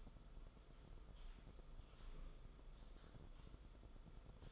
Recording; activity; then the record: daily activity, microphone in the room; typing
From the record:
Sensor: 5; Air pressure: 994.5 hPa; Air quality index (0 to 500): 171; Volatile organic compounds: 622 ppm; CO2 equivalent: 4963 ppm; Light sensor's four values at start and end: 9/22/9/10 and 9/22/9/9